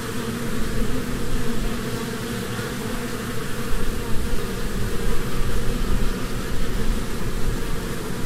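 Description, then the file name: Massed honey bees give a continuous deep hum, rough and even, with small rises and dips in loudness throughout. Swarm humming at a beehive. "salamisound- -humming-of-a-beehive-swarm"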